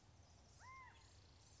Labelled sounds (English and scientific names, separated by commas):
California Quail (Callipepla californica)